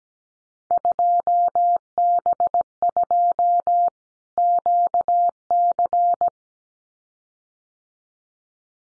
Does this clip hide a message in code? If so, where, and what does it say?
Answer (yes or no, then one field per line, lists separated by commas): yes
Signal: Morse code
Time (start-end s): 0.7-6.3 s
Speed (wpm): 17 wpm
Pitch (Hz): 700 Hz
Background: none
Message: 2B2 QC